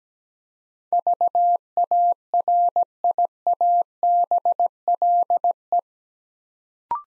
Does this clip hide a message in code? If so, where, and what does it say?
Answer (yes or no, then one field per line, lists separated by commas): yes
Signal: Morse code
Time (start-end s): 0.9-5.8 s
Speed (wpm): 17 wpm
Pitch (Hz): 700 Hz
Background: none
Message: VARIABLE